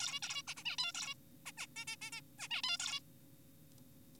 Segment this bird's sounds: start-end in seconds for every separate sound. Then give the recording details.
0.00-0.20, 0.23-0.42, 0.48-0.55, 0.57-0.63, 0.65-0.77, 0.79-0.92, 0.94-1.15, 1.46-1.52, 1.58-1.67, 1.76-1.85, 1.88-1.96, 2.02-2.11, 2.12-2.21, 2.39-2.48, 2.51-2.62, 2.64-2.78, 2.80-3.00. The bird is an adult. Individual g4p5U